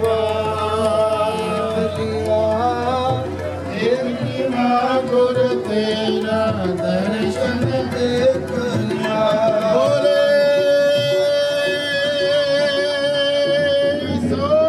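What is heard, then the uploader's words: Vaisakhi celebrations in Gravesend, with music playing continuously at a steady, full level. Sustained tones and a melodic line run throughout, with a long held high note from about ten seconds on, over a constant low hum and busy, layered crowd sound. Vaisakhi Celebrations held in Gravesend. Attended by 1000's of people from across all communities in the area.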